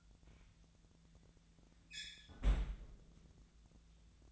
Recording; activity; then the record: daily activity, microphone in the room; close fridge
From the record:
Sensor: 3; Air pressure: 1009.7 hPa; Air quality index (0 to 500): 191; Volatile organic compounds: 15 ppm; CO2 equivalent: 2492 ppm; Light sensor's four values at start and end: 38/94/40/43 and 38/94/40/43